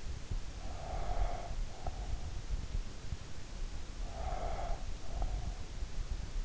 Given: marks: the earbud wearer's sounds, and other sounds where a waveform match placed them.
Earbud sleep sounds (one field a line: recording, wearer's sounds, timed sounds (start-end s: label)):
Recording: sounds in sleep by an in-ear microphone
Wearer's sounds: breath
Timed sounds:
0.29-2.36 s: breath
4.04-6.37 s: breath